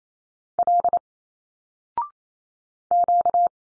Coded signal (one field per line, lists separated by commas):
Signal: Morse code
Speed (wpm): 28 wpm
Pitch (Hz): 700 Hz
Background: none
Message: L Q